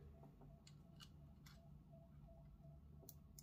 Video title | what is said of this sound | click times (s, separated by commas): Mio C570 - Review, Unboxing, Video Samples | okay make sure that you hear a click when you insert it and it should be fine | 3.4 s